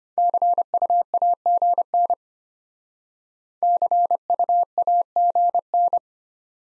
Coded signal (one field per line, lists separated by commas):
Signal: Morse code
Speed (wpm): 34 wpm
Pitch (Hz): 700 Hz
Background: none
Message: CUAGN CUAGN